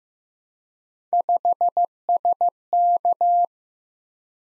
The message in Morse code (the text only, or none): 5SK